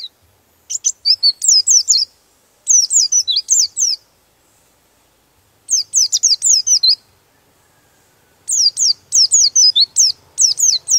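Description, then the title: Bird singing repeated bursts of bright, high, downslurred chirps, in several phrases with clear silent pauses between them. Master recording used for training songbirds. "Master Burung Jos"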